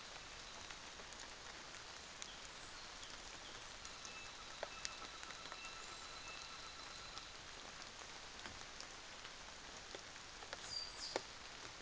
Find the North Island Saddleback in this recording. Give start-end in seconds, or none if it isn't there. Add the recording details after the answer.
3.78-7.47. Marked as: faintness 3/5. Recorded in New Zealand on 24 December 2018. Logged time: 06:00